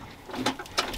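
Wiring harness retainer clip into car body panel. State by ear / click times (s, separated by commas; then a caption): seated / 0.5 s. A plastic wiring harness retainer clip is pushed into its mounting hole in a car body panel while the body harness is being wrapped during a supercharged V8 Supra build. It snaps in with a sharp click at 0.5 s, followed by a softer tap and faint rustling. The clip is seated in place.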